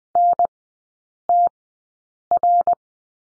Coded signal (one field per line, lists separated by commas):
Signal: Morse code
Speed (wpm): 20 wpm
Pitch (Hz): 700 Hz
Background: none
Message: NTR